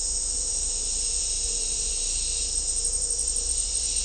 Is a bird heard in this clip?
no